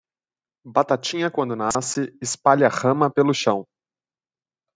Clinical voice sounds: short text; Brazilian Portuguese; male; 30 to 39 years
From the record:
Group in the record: control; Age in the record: 30 years

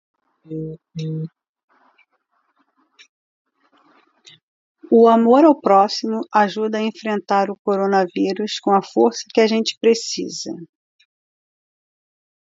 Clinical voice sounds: spoken sentence; Brazilian Portuguese; female; 50 to 59 years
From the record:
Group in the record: control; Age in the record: 57 years

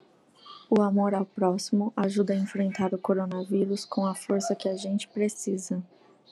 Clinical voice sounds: spoken sentence; Brazilian Portuguese; female; 20 to 29 years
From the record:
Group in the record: control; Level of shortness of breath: 0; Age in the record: 27 years

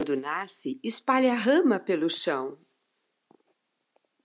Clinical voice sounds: short text; Brazilian Portuguese; female; 60 to 69 years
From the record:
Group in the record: control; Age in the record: 61 years

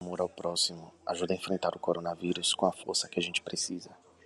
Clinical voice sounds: spoken sentence; Brazilian Portuguese; male; 30 to 39 years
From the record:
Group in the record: control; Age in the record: 30 years

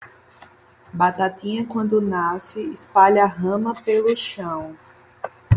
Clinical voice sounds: short text; Brazilian Portuguese; female; 30 to 39 years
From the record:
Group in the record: control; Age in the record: 31 years

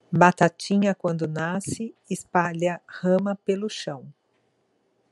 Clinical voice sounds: short text; Brazilian Portuguese; female; 50 to 59 years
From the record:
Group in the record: control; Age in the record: 51 years

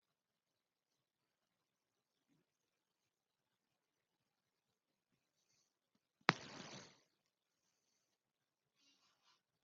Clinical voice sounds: spoken sentence; Brazilian Portuguese; female; 40 to 49 years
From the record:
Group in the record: control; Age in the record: 47 years

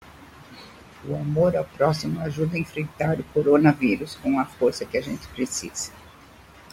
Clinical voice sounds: spoken sentence; Brazilian Portuguese; female; 60 to 69 years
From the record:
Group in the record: control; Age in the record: 68 years

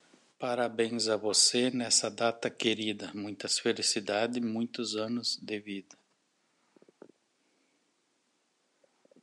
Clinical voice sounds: short text; Brazilian Portuguese; male; 40 to 49 years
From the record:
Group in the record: control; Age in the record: 46 years

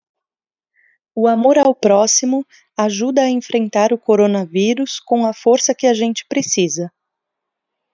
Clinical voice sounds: spoken sentence; Brazilian Portuguese; female; 30 to 39 years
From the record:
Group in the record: control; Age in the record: 34 years

